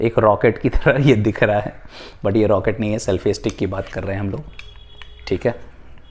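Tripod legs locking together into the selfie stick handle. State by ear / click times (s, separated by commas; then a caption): not seated / none. Someone talks while handling a selfie stick, bringing its plastic tripod legs together to lock them closed into a handle. Quiet handling noise follows the speech with a faint tick near the end. Nothing has seated or clicked yet.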